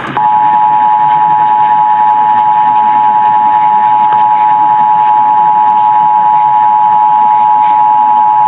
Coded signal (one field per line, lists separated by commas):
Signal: Emergency Alert System (SAME) tones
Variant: 853 and 960 Hz attention tone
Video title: North Carolina RMT on WBT and WTRU (2/12/22)(EAS 1090-1091)